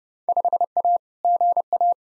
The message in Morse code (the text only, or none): 5A GA